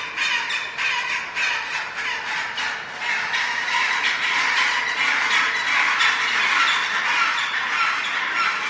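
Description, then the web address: Penguins calling en masse, a loud continuous chatter of rasping, pulsing calls over a faint constant hum. Large penguin colony recorded indoors as ambience. "bird penguin large penguin colony indoor ambience"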